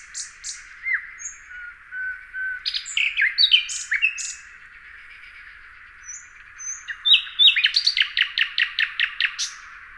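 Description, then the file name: Common nightingale singing, with soft whistled notes leading into varied chirps and a fast run of repeated loud notes near the end. "Luscinia megarhynchos"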